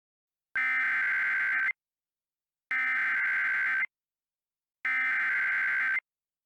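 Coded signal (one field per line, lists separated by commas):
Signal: Emergency Alert System (SAME) tones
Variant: header bursts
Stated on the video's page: Fictional EAS scenario about a supervolcano in Michigan.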